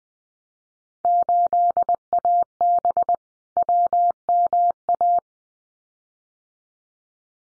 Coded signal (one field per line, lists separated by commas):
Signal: Morse code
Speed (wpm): 20 wpm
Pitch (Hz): 700 Hz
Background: none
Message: 8AB WMA